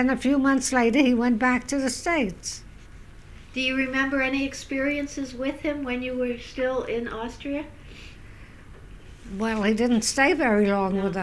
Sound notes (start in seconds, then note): none